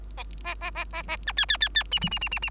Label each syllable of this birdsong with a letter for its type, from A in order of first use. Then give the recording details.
A A A A A B C C C C D D D D D D. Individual Bird3